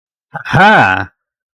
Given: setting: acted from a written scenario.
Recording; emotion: vocal sound without words; triumph